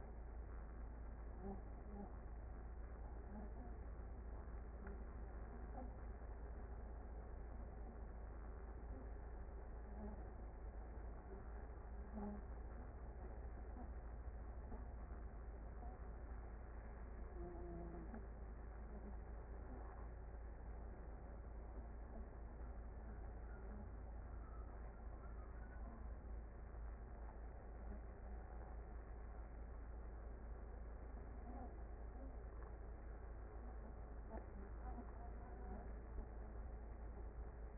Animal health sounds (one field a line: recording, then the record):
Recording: honeybee colony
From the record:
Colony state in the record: active